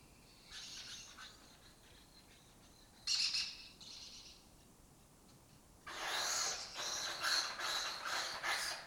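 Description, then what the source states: Lesser kestrels give scattered raspy calls, then one sharp grating call, then a long loud bout of overlapping harsh chattering. Breeding colony occupying an abandoned building complex in Doñana, southern Europe; migratory birds that forage in West Africa and breed in southern Europe.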